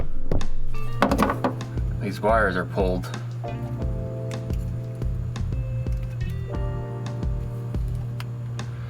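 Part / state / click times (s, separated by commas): locking tab on an old wiring harness connector / not seated / none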